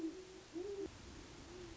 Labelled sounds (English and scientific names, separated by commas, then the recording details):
Great Horned Owl (Bubo virginianus)
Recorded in Sonoma County, California